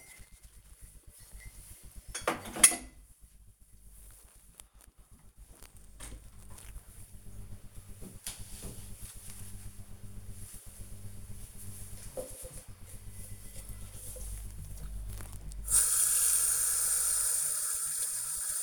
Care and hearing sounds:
household activities, microphone on the right wrist
0.00-5.62 s: putting away the dishes
14.67-18.63 s: watering plant

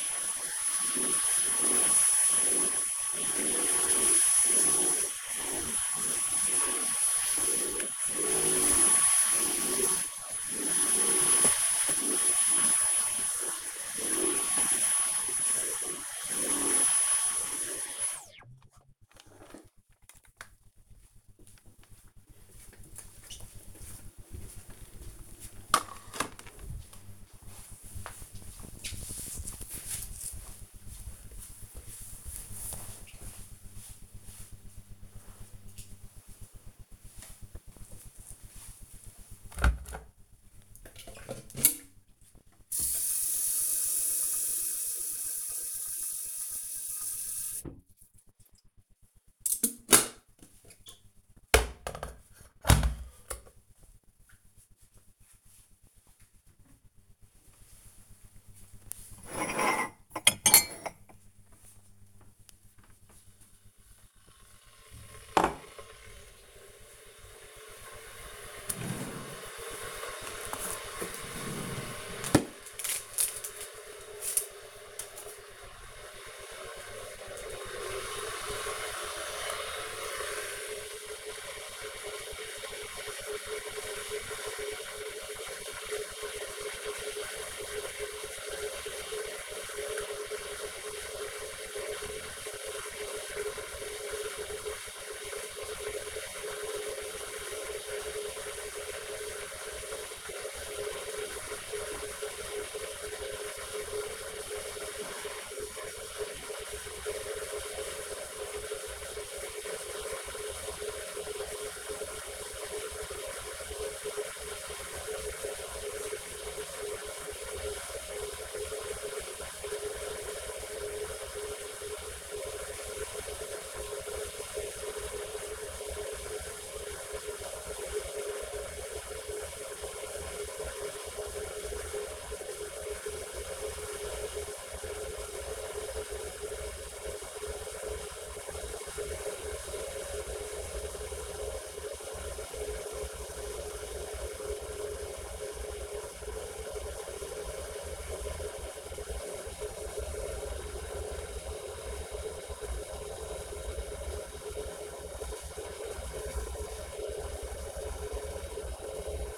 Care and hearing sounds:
household activities, microphone on the right wrist
0.00-18.05 s: vacuum cleaning
37.17-159.38 s: making tea

